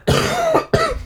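Two harsh, voiced cough bursts in quick succession from an adult man, a cough that has lasted about two weeks and is nearly over.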